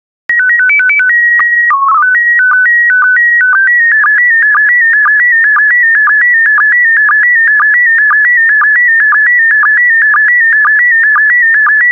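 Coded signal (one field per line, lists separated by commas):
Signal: SSTV (slow-scan television)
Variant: PD 120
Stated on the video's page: PD120 SSTV images from a daily decoding set.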